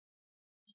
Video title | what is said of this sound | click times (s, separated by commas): How to Upgrade RAM in ASUS TUF A15 FA507RF: Boost Performance Easily | so the you create that little tension and you want to hear those nice click sounds so that the clips are getting loose | 0.7 s